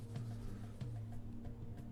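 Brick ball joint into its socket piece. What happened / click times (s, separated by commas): The ball joint is being handled and has not seated yet / none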